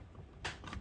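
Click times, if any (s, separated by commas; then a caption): none. A glass fuse is handled against the metal fuse-holder clips of a vintage Creek CAS4040 amplifier, after the clips were gently squeezed back into shape with small pliers. A sharp rustling scrape rises at 0.45 s, followed by softer contact noises around 0.7 s. Nothing has seated or clicked yet.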